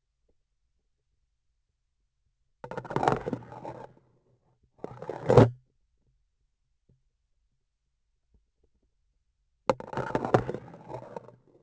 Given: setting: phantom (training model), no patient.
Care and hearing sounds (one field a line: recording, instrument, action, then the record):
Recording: laparoscopic instrument, vibration sensor on the handle end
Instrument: grasping forceps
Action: insertion and removal through the trocar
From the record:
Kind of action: spatial motion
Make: other than Olympus